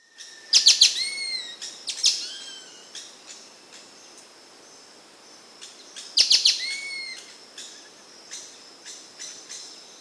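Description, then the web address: Spix's woodcreeper song: clusters of sharp high notes, each followed by drawn-out whistles that bend downward, with softer notes between. Amazon, Peru. "Natures Songs S America Birds of the Amazon 2. Spix's Woodcreeper (Xiphorhynchus spixii), Peru"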